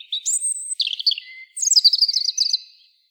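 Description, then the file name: European robin song: a thin high whistle, a lower warbled run, then a rapid sparkling trill, all in under three seconds against a silent background. "Erithacus rubecula"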